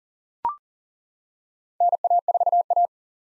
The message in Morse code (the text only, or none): NA4A